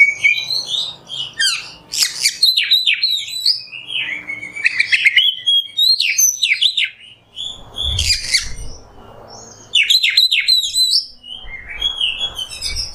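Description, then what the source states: Oriental magpie-robin song, a long rich medley of sharp whistles, quick chirps and downslurred notes in bursts, with brief pauses and a faint low thump. Kacer singing in the 'nembak' song style, on a 'masteran' recording.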